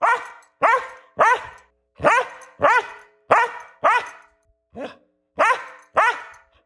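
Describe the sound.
Dog barking loudly in a quick series of rough, full barks, about ten in seven seconds, with short pauses between.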